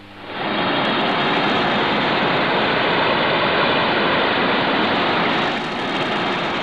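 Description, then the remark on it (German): A loud, steady roar of rushing floodwater from a violent storm in a dry region fills the whole stretch, a dense wash of noise that swells in at the start and barely lets up. “geraten Sangmes Truppen in ein heftiges Unwetter”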